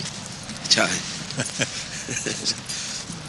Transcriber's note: Prabhupāda chuckles